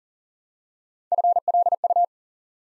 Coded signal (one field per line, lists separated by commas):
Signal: Morse code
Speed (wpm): 41 wpm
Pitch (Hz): 700 Hz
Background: none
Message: FLU